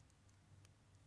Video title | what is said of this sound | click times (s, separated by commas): BUDGET Watch Build Challenge! I bought the CHEAPEST parts on Aliexpress! | it should click in just like that. | 0.6 s